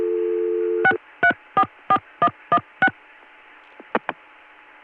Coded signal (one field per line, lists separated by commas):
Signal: DTMF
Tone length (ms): 70 ms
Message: 6344116